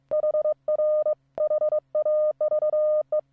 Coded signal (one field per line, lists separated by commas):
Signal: Morse code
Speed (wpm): 22 wpm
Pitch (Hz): 610 Hz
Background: none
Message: HR HAVE